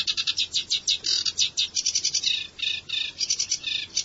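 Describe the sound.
Bird giving rapid high chirps in quick succession, thin bright notes pulsing several times a second with short gaps, over a quiet low hum.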